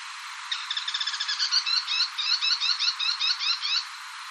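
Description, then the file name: Bull-headed shrike rapid chattering call, a long run of quick harsh notes lasting about three seconds over a steady background hiss. "mozu"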